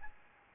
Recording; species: mosquito wingbeat signal from an infrared sensor; Aedes albopictus